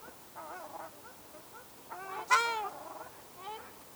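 Ruddy shelduck calls: a few short nasal honks, then one loud, drawn-out honk, followed by softer notes.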